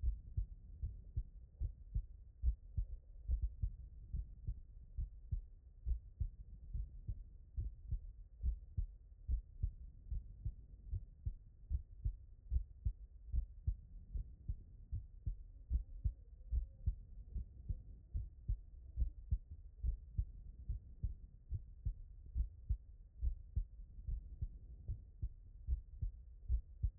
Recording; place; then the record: heart sounds by stethoscope; tricuspid valve (TV)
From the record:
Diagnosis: non-HFrEF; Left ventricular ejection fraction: 55%